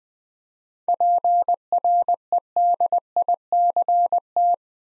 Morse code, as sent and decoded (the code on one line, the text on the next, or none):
.--. .-. . -.. .. -.-. -
PREDICT